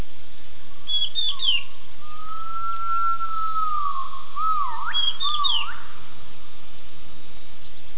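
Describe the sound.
Gibbon call of whistled notes: a long, nearly level tone, then quick swooping up-and-down whistles, with a few higher notes.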